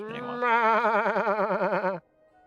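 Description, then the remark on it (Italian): A voice imitates an animal call from inside a forest, somewhere between a bleat and a moo: one loud, sustained, low-pitched cry with a rapid, even wobble lasting about a second and a half, then cutting off. “Un suono che a metà tra un belato e un muggito.”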